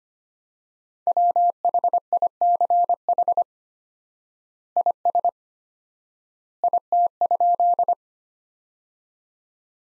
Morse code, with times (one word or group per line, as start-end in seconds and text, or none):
1.1-3.4 WHICH
4.8-5.3 IS
6.6-7.9 IT?